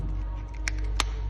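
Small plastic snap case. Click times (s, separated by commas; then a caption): 0.7 s, 1.0 s. After the battery is replaced in a Nissan Micra/Pathfinder car key fob, the plastic case half is pressed back onto the key body over a steady low background hum. It snaps home with two sharp clicks at 0.7 s and 1.0 s, and the case is seated.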